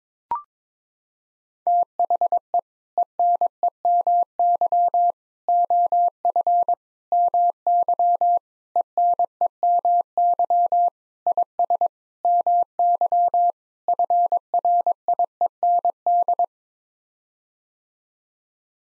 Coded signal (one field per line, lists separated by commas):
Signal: Morse code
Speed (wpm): 21 wpm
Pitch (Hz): 700 Hz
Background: none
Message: THE ENEMY OF MY ENEMY IS MY FRIEND